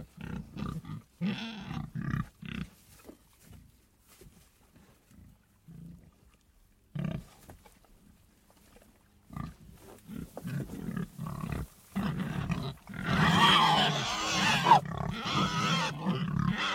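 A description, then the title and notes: Pig grunts come in short, low bursts, often several in quick succession with brief pauses between them. From about 13 to 15 seconds a louder, brighter stretch of squealing and snorting builds up, then the grunting resumes in uneven clusters. Unboxing the Delightful Sounds of Pig Toys and Treats.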